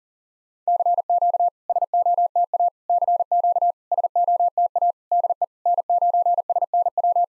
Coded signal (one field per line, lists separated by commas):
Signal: Morse code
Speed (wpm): 44 wpm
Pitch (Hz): 700 Hz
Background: none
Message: CQ SOTA CQ SOTA DE N9SNW